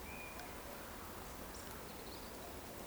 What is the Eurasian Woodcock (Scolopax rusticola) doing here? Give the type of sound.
whistle